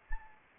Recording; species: mosquito wingbeat signal from an infrared sensor; Anopheles arabiensis